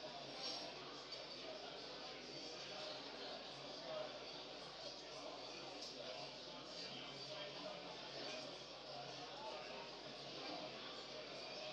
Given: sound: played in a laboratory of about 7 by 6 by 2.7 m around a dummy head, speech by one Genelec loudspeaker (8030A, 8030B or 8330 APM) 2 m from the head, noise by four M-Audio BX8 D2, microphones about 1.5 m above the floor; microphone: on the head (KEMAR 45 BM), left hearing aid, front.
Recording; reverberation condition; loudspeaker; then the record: cafeteria noise; medium; four, about 170 cm from the corners of the room and facing them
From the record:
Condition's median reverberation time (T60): about 510 ms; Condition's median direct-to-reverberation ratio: about -0.5 dB